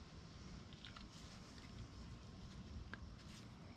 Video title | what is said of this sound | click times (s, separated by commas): Mower Wont Start - How to Fix Briggs & Stratton Plastic Carburetor | push that in there kind of snaps into place | 2.9 s